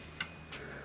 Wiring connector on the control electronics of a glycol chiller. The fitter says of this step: that was a satisfying click.